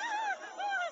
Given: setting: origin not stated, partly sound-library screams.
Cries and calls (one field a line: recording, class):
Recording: one-second piece from a danger detection set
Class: woman in danger